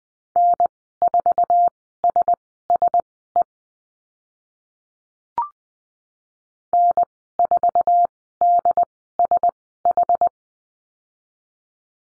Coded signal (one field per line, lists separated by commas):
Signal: Morse code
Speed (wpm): 19 wpm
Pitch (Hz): 700 Hz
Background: none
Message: N4SSE N4DSH